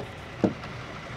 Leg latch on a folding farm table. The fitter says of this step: you take that leg fold it right under and then we have a latch goes in locks in place so